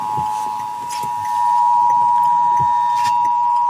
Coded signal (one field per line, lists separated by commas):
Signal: Emergency Alert System (SAME) tones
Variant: 853 and 960 Hz attention tone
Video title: North Carolina Emergency Alert System: Tornado drill